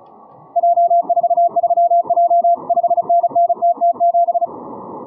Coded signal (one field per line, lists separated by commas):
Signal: Morse code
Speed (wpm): 34 wpm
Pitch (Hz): 690 Hz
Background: music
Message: J43J 5NNTT7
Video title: Morse code contest simulator, Morse Runner,HL1LUA 20131122